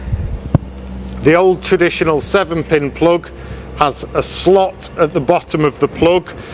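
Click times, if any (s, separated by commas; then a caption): 0.6 s. A trailer's electrical plug is inserted into the towing vehicle's tow-bar socket at an angle and twisted to vertical until it locks in place. A sharp, very short click sounds at 0.5 s, followed by someone talking over a low steady hum. The plug is seated and locked.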